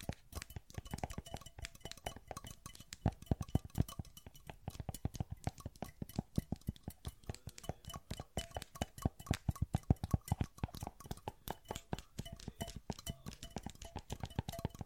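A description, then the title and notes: Rapid fingertip tapping on metal, wood, plastic and glass surfaces, a dense stream of short sharp knocks with no pauses. Some taps land with a low thud, others ring briefly with a clinking tone, and the rhythm quickens and crowds together in places. Metal tapping, wood tapping, plastic tapping, and glass tapping.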